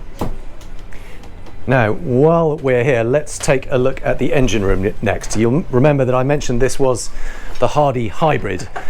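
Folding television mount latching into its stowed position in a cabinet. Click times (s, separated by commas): 0.2 s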